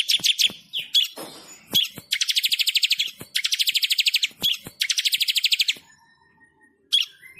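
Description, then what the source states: Bird producing fast, buzzy trills of high notes in several rhythmic runs, mixed with sharp clicks, then a quiet stretch before a last note. Bird ringtone with a melodious voice.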